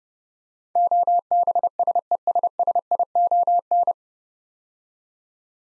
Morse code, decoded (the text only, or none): OBSESSION